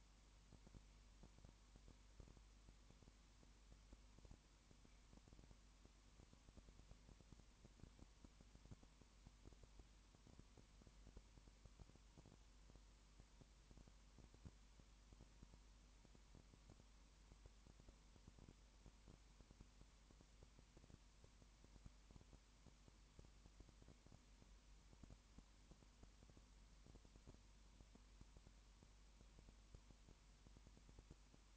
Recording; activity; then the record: daily activity, microphone in the room; no activity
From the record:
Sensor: 1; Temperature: 19.7 degrees Celsius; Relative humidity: 40.5%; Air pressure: 1010.6 hPa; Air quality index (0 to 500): 209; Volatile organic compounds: 56 ppm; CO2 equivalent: 3375 ppm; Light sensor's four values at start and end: 1/2/1/1 and 1/2/1/1